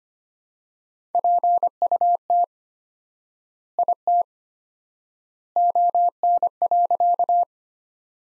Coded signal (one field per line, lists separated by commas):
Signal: Morse code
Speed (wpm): 25 wpm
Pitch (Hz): 700 Hz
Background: none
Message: PUT IT ON.